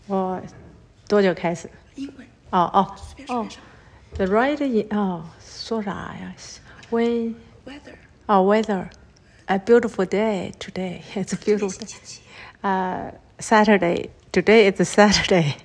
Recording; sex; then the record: free speech after running; female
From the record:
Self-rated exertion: very light exertion (1 of 6); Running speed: 6 miles an hour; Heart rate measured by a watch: 94 beats a minute at the start, 95 at the end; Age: 55 years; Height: 157 cm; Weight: 48 kg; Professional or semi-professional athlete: yes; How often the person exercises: every day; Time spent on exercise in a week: over 5 hours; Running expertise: yes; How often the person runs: 3 to 5 times a week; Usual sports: running, swimming, yoga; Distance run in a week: 40 miles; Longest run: 20 miles